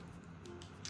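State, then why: Seated. An inflation adapter on the hose nozzle of a Lyrovo 160 PSI portable foot air pump is rotated until it locks, ready for inflating a football. Faint handling ticks at 0.5 s and 0.6 s lead to a sharper, louder tick at 0.9 s as the adapter locks in place.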